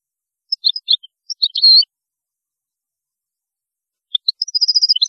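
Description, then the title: European goldfinch song, scattered high chirps building to a bright slurred note, then after a pause a quick trill of repeated notes. "Chant Chardonneret"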